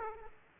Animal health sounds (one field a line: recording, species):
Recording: mosquito wingbeat signal from an infrared sensor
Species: Aedes aegypti